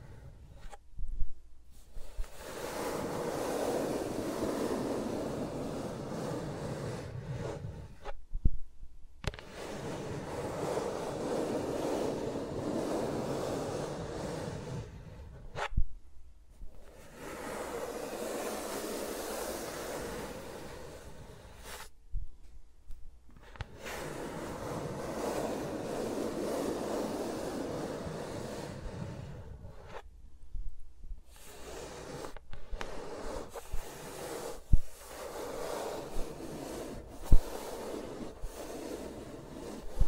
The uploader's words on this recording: ASMR with Mics Around My Fingers (No Talking).